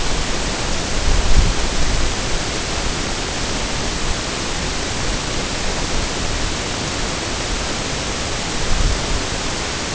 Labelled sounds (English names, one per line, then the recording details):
none
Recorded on Arctic tundra, site NAIT-1, on 22 June 2018
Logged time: 15:00